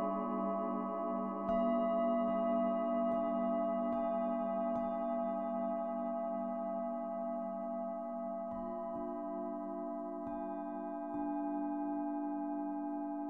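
Singing bowls ring in a steady drone, with a warm low hum and bright overtones that hang through the whole clip. Soft taps land every second or so early on, pause midway, then return near the end, each briefly refreshing the tone.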